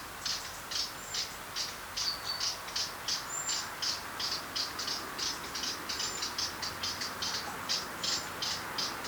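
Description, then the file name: Eurasian blackcap tack calls, hard dry clicks repeated rapidly, nearly three a second. "Sylvia atricapilla"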